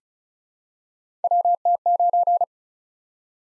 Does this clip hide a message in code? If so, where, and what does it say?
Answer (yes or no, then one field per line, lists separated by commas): yes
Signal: Morse code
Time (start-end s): 1.2-2.4 s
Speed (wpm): 36 wpm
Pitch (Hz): 700 Hz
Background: none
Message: WT9